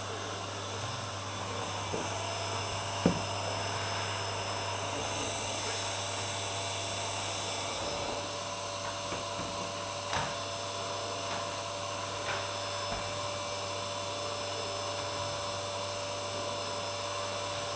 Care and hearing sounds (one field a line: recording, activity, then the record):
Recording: daily activity, microphone in the room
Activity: vacuum cleaning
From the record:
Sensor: 2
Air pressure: 1007.5 hPa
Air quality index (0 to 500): 32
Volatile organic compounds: 1 ppm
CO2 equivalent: 520 ppm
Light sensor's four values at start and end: 8/19/8/8 and 7/18/7/7